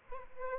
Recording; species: mosquito wingbeat signal from an infrared sensor; Aedes albopictus